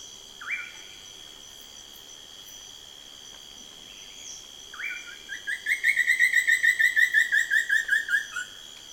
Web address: chants xiphorhynchus guttatus